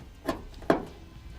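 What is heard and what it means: The end of a plastic drain tube is pushed onto the drain port at the bottom of the canister of a PowertraxPRO MX hard tonneau cover on a 2017 Ford F-250 Super Duty. Two short clicks are heard at 0.3 s and 0.7 s, the second one louder, against a quiet background. The fitting is seated and in place.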